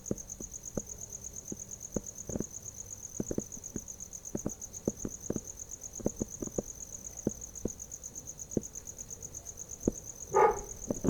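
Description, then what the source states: Cricket keeps up a continuous high trill over many light ticks and clicks, and a louder burst of noise comes near the end. Recorded at night.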